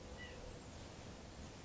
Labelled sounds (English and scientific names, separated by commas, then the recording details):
California Quail (Callipepla californica)
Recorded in Sonoma County, California